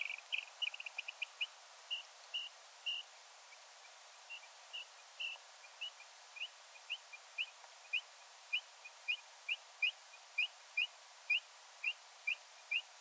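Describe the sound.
Eurasian dotterel calling: soft, short piping notes repeated steadily about twice a second, clustered at the start, over a faint hiss.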